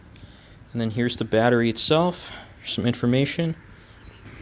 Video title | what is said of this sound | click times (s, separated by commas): DYU T1 Electric Bike That Folds Overview! | right there we go you hear a slight click you pull it out | 0.2 s